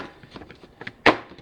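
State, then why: Seated. A large 3/8 hex key from a TEKTON 30-piece hex key set is pushed back into its slot in the plastic storage holder, with a few light taps and scrapes as it goes in. It snaps and locks into place with a sharp click at 1.1 s.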